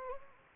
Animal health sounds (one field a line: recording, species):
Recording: mosquito wingbeat signal from an infrared sensor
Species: Anopheles gambiae